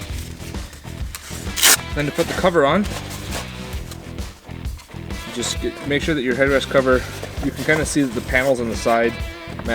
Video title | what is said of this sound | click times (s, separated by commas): Install Toyota Tacoma Front Seat Covers [172107] | the holes in the seat back and you slide it down until it clicks | 1.1 s